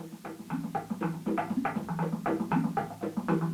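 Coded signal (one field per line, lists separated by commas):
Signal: talking drum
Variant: Congo drum language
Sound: rapid drum strokes alternating between high and low pitches, about fifteen beats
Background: low hum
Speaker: the drum language of the Congo broadcasts every syllable of the words of a message through the changing rhythmic pattern patterns of drum beats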